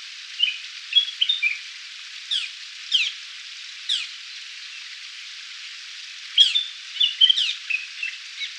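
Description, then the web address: Willie wagtail song, quick sweet chattering phrases, with several sharp downward-sweeping calls interspersed, over a steady hiss. "willy wagtail song"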